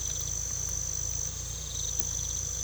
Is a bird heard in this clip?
no